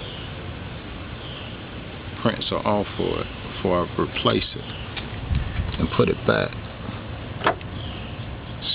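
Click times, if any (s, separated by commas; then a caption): 7.5 s. A fog light bulb, a glass bulb with a plastic base, has its fingerprints wiped off and is put back into the fog lamp housing of a 2006 Dodge Charger while someone talks. A sharp snap at 7.5 s marks the bulb seating into the housing.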